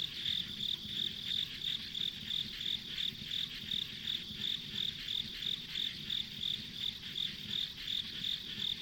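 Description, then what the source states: High insect chirping pulses evenly, roughly three per second, with a persistent whirring chorus underneath. Ambient insect sounds along a rural country road.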